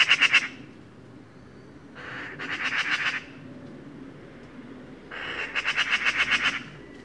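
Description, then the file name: Eurasian magpie chattering: a brief rattle at the start, then two longer bursts of fast, harsh, repeated notes separated by quiet gaps. "Pica pica"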